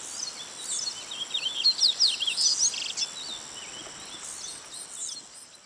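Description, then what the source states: Yellow-bellied seedeater song: a quick burst of sharp, high chirps and slurred notes lasting about a second and a half, over a steady high insect drone. Recorded on 24 May 2011.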